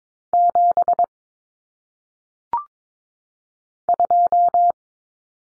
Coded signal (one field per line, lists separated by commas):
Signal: Morse code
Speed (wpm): 22 wpm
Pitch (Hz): 700 Hz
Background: none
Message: 7 2